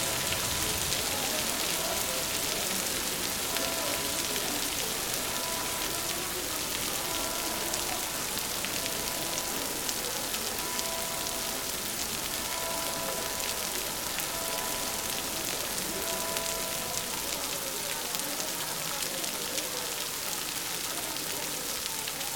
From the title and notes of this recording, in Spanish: Es un viaje sonoro que nos lleva a Sant Cugat, Riumors y Bayona. Sonido de la lluvia sobre las hojas de los árboles, sobre las plazas de las ciudades, sobre los claustros de las catedrales o sobre los paraguas.